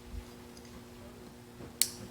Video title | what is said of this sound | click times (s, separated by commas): 2010-2014 VW Golf: Swap OEM Plate Lights to LED! | yep there we go um the click was probably really faded but once you hear it click in | 1.8 s